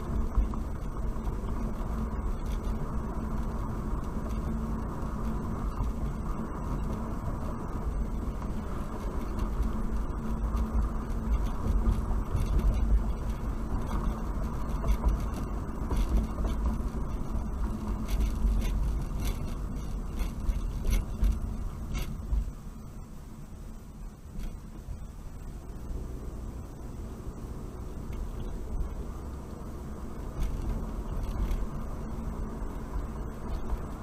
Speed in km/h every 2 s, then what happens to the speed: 47, 50, 48, 48, 50, 50, 50, 52, 45, 37, 31, 23, 19, 26, 32, 37, 45.
0-14 steady at about 50. 14-23 brakes to 19. 23-34 speeds up to 45.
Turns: none.